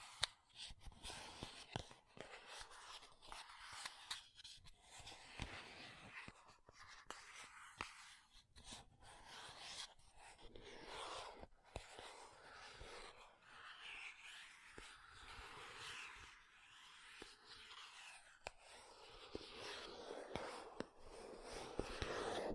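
Makeup tapping and scratching: dense, irregular taps and crisp scraping strokes fill the whole stretch, with sharp clicks scattered throughout and occasional soft breaths.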